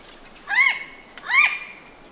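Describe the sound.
Bird calls: two harsh, arched, harmonic squawks, each about a quarter second long, over faint background hiss.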